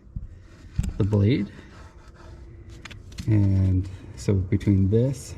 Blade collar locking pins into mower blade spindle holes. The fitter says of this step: and they should lock actually you can hear them click down and see them down below